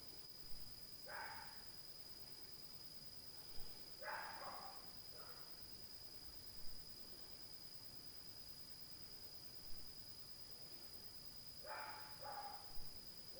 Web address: zone 51 2022 Night Noise 07-05 DOG